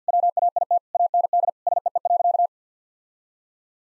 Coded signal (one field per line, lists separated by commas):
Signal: Morse code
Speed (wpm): 50 wpm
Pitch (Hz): 700 Hz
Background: none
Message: WAIT AND SEE.